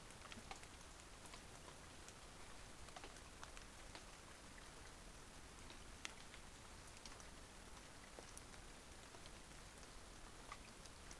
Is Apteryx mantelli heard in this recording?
no